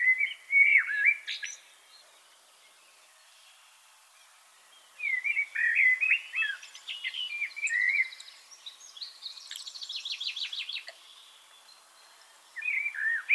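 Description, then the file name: Common blackbird song: fluty warbled phrases separated by pauses, with a fast buzzy high trill partway through and another phrase starting at the end. "Turdus merula"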